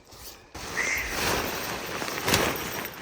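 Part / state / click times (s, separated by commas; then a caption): tent frame pole locking into its hinge joint / seated / 2.3 s. A NatureHike Cape replacement instant cabin tent's frame pole is pushed at its spacer-bar hinge joint until it locks, with rustling handling noise from about 0.5 s. A sharp double snap comes at 2.3 s as the joint locks into place, where earlier attempts gave no snap.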